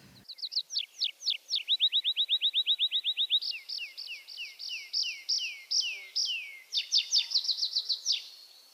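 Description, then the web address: Tree pipit song, a long varied sequence: falling notes, a fast even trill, slower downslurred notes, then a rapid high flourish. "mini musorok bioakusztika erdeipityer"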